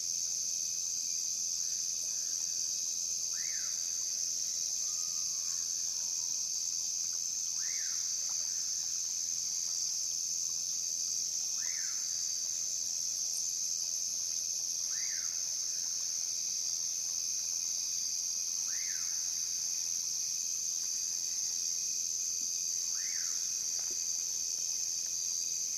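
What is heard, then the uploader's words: A steady, dense high insect drone fills the night while a bird repeats a short rising call about every four seconds. Sounds heard in the Sian Ka'an Biosphere Reserve. As the sun sets and the moon rises, the forest transforms into a symphony of sound. The harmonious chorus of crickets and cicadas, accompanied by the serene calls of nocturnal birds.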